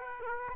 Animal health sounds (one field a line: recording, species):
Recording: mosquito wingbeat signal from an infrared sensor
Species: Aedes aegypti